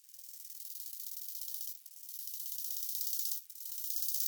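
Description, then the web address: Bow-winged grasshopper giving soft, continuous high-pitched rasping that builds gradually, broken by two brief dips in sound. "heuschrecken audio nachtigallgrashüpfer"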